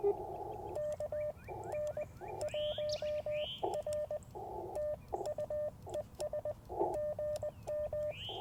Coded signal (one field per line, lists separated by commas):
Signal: Morse code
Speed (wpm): 20 wpm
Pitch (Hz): 600 Hz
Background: radio noise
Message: KN1R TU ES GM